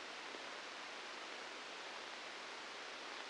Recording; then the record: brain microelectrode recording played as sound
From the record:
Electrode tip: inside the subthalamic nucleus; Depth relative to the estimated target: 1 mm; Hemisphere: right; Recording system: NeuroSet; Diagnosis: Parkinson's disease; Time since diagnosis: 8 years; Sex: male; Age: 59 years